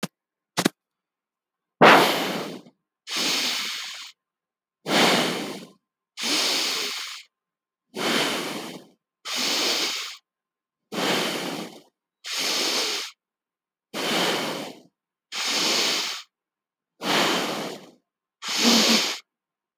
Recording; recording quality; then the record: deep breathing; excellent, no background noise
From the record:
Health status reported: healthy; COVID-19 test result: negative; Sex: male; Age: 26 years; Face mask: not worn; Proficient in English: yes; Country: India